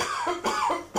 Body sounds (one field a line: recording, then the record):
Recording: coughing mixed with background sound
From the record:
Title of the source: Spring Cold Coughing 2